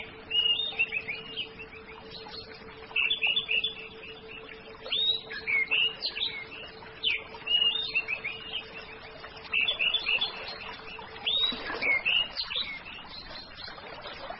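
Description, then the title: Orange-headed thrush singing varied rapid whistled and chattering phrases in short bursts with brief pauses, over a low hum and hiss. "Anis Merah"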